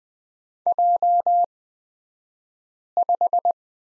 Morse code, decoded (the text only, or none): J5